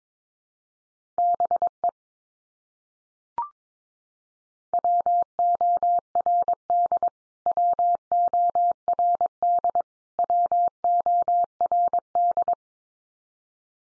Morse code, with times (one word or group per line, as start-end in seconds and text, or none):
1.2-1.9 BE
4.7-7.1 WORD
7.5-9.8 WORD
10.2-12.5 WORD